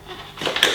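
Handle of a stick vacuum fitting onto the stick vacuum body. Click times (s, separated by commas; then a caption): 0.6 s. A plastic handle from a Eufy E20 3-in-1 robot vacuum, lifted off the robot vacuum base, is fitted onto the stick vacuum body. Quiet handling noise rises into scraping and rubbing from about 0.4 s, with a bump at 0.6 s. A sharp, short click at 0.6 s marks the handle seating into place.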